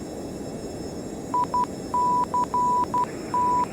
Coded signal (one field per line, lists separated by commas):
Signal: Morse code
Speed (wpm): 12 wpm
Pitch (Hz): 990 Hz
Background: none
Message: ICT